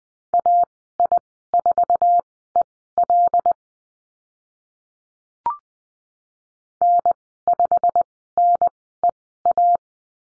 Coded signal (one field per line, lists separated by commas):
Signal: Morse code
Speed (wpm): 20 wpm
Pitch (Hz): 700 Hz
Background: none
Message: AI4EL N5NEA